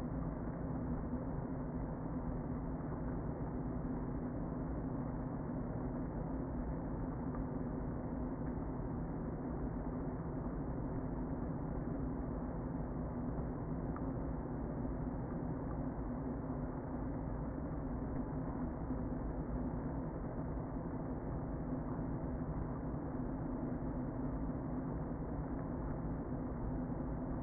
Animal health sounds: honeybee colony, microphone inside the hive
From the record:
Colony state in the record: queen present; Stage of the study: before two queens were removed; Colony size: about 60,000 bees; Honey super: yes

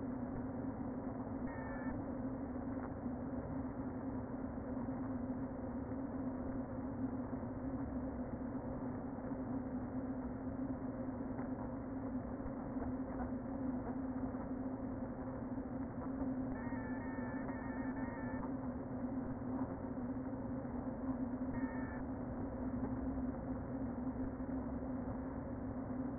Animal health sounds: honeybee colony, microphone inside the hive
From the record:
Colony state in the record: queen present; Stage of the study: before two queens were removed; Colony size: about 60,000 bees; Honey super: yes

